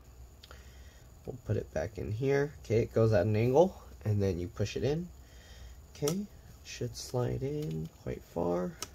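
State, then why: Not seated. An M.2 SSD is put back into its slot/bracket in a Lenovo ThinkPad X1 Carbon Gen 9 laptop, inserted at an angle and then pushed so it slides in quite far, while someone talks over soft handling sounds. The drive is meant to lock in place when a raised part engages a groove, but nothing has seated or clicked yet by the end of the clip.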